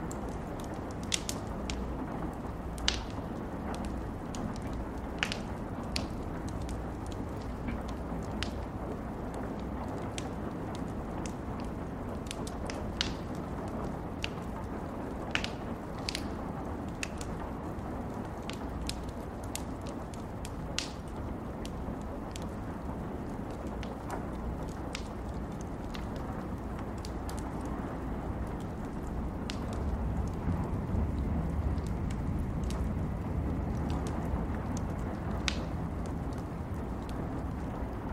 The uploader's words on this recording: Rain & Thunderstorm Sounds ¦ Crackling Fireplace.